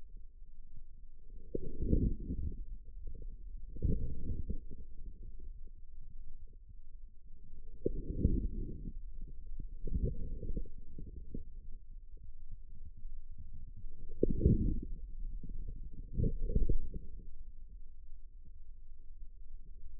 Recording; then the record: forearm muscle sounds (acoustic myography)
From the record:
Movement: outward rotation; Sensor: system 2, bracelet of six BSWA MPA416 microphones around the upper forearm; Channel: 4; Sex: male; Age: 22 years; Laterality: right